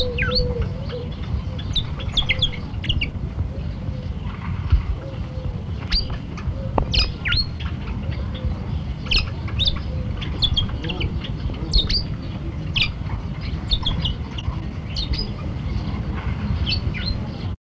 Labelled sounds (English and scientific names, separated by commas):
Bourke's Parrot (Neopsephotus bourkii) call